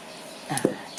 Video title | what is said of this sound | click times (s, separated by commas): 🚘 ซ่อมเอง !💡เตือนภัย! ที่ปัดน้ำฝนเสียงดัง ปัญหาใหญ่ที่ไม่ควรมองข้าม + วิธีแก้ #ซ่อมเอง | อ่าแค่นี้ก็ลงล็อคเรียบร้อยแล้วนะครับเนี่ยดันตรงนี้ให้เข้าล็อคแค่นั้นเองแค่นี้ก็จบะเสร็จแล้วเนี่ยครับ | 0.6 s